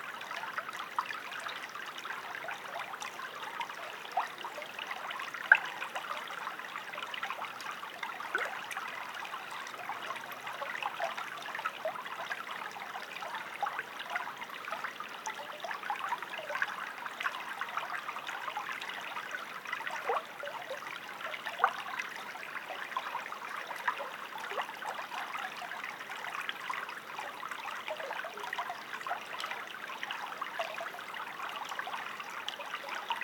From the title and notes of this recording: Creeks sounds. This week, we are on the banks of Twenty-Two Creek in my hometown of Traverse City, Michigan. Its gentle gurgling sounds are the backdrop for views of stunning trees that are hundreds of years old.